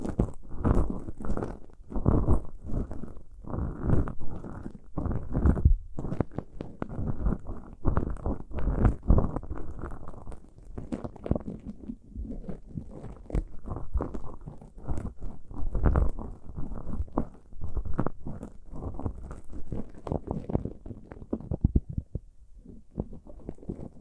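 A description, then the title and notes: Ear picking fills the whole stretch with muffled, dull scraping and rubbing strokes that come in dense, irregular bursts. The sound stays low and thick, with brief lulls near six and twenty-two seconds before the scratching resumes. Pure ear picking, heartbeat simulation.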